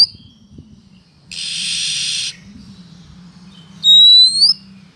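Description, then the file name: Oriental magpie-robin calls: a harsh, buzzy rasp lasting about a second, then a sharp rising whistle, over a steady low hum. Female calling to the male, intended to prompt him into full, frequent song. "Suara Kacer Betina Memanggil Sang Jantan Agar Cepat Gacor"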